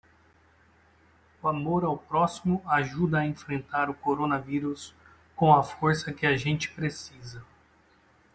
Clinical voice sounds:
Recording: spoken sentence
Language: Brazilian Portuguese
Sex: male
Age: 40 to 49 years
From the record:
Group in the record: control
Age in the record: 41 years

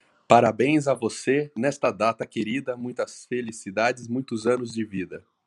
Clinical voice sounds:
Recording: short text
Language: Brazilian Portuguese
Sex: female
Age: 20 to 29 years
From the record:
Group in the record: control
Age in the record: 25 years

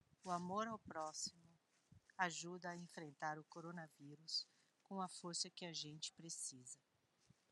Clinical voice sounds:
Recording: spoken sentence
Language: Brazilian Portuguese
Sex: female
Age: 60 to 69 years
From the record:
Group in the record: control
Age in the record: 62 years

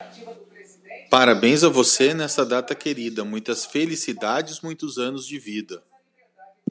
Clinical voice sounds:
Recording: short text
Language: Brazilian Portuguese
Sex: male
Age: 50 to 59 years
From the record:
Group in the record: control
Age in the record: 50 years

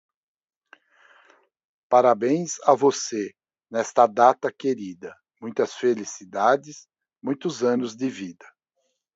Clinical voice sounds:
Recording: short text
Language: Brazilian Portuguese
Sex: male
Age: 60 to 69 years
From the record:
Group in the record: control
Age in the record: 64 years

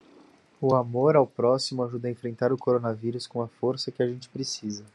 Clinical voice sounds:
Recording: spoken sentence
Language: Brazilian Portuguese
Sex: male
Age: 30 to 39 years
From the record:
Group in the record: control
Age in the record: 30 years

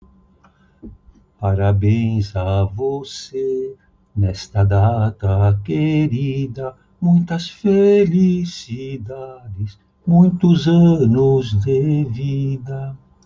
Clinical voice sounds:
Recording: short text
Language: Brazilian Portuguese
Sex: male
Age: 80 to 89 years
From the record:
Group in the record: control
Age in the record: 84 years

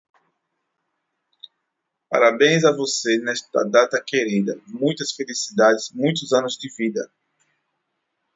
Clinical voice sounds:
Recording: short text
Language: Brazilian Portuguese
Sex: male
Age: 40 to 49 years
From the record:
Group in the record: control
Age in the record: 44 years

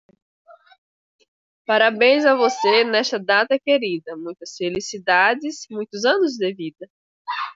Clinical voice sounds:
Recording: short text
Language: Brazilian Portuguese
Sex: female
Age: 30 to 39 years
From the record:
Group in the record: control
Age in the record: 35 years

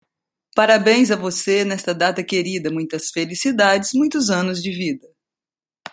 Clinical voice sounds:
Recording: short text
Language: Brazilian Portuguese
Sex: female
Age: 40 to 49 years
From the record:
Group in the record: control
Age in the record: 41 years

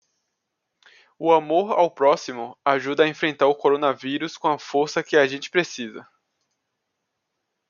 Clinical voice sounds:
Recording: spoken sentence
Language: Brazilian Portuguese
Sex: male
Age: 20 to 29 years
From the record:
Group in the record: control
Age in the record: 24 years

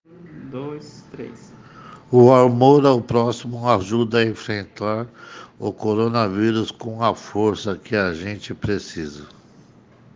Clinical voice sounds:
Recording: spoken sentence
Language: Brazilian Portuguese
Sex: male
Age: 50 to 59 years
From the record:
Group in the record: respiratory insufficiency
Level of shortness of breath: 5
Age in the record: 56 years

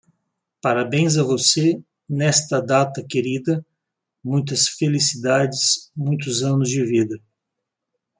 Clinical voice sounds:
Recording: short text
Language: Brazilian Portuguese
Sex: male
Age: 50 to 59 years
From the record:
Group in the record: control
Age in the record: 52 years

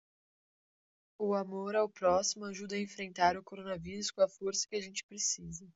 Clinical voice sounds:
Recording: spoken sentence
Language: Brazilian Portuguese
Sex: female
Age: 20 to 29 years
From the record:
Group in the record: control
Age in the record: 20 years

